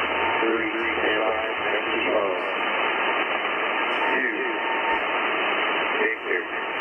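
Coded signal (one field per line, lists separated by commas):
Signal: coded military voice message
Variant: USAF EAM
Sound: faint male voice reading coded letters through heavy shortwave hiss and fading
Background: radio static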